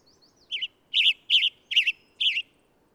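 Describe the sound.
Bird song: a series of five loud, warbled chirping phrases about half a second apart, each dipping and rising, with faint high thin notes before and between them.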